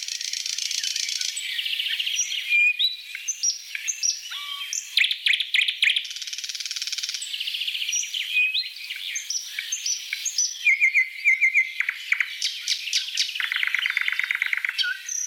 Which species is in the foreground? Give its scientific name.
Luscinia luscinia